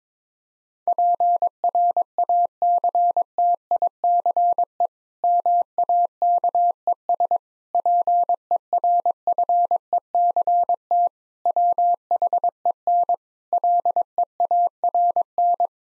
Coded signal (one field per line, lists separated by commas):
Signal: Morse code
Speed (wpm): 22 wpm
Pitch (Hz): 700 Hz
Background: none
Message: PRACTICE MAKES PERFECT WHEN LEARN